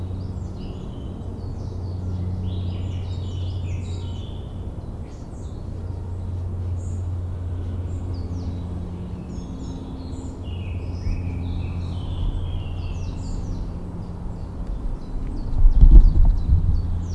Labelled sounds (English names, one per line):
Coal Tit song